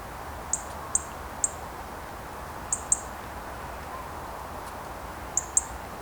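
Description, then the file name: European robin high clicking calls, about seven sharp ticks spaced irregularly, sometimes paired, over a steady quiet background hiss. "Erithacus rubecula"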